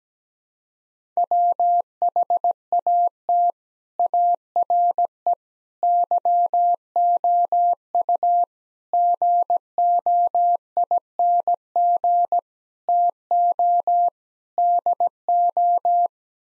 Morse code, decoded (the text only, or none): WHAT ARE YOU GOING TO DO